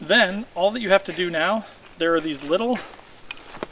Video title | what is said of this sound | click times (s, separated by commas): Cliq Chair Review (Overlanding Gear, Backpacking, Marchway, Coleman, Best Camping Chair, Helinox) | on the back of the legs here show you and just like a tent or anything else you pull them up until they click hence | 3.3 s, 3.6 s